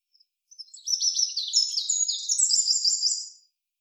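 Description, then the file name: Eurasian wren song: a loud, rapid, high tinkling stream of trills and sharp notes lasting about three seconds. "Troglodytes troglodytes"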